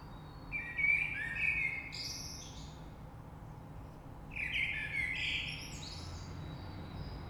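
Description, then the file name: Common blackbird song: two phrases of low mellow whistling topped by high scratchy notes, separated by a quiet gap with steady background hum. Recorded 3 March 2020. "Rush Merle"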